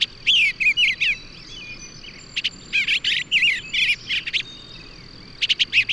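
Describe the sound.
Bird song in bursts of varied, warbling phrases with swooping notes, broken by short pauses, over a faint steady high tone.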